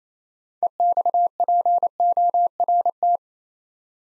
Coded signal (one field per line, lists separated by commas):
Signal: Morse code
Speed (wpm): 29 wpm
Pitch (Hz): 700 Hz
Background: none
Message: EXPORT